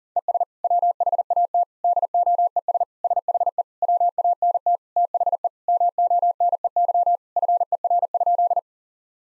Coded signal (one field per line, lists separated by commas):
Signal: Morse code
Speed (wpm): 40 wpm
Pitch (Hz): 700 Hz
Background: none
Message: ES WHAT DOES SHE WANT THE MONEY FER?